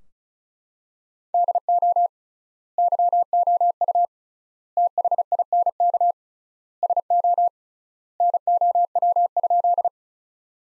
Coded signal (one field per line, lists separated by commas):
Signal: Morse code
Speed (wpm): 36 wpm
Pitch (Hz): 700 Hz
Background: none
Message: DO YOU THINK SO NOW?